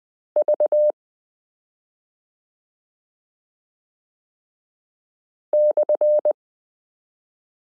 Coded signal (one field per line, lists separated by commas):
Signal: Morse code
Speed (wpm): 20 wpm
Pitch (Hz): 600 Hz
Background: none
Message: V/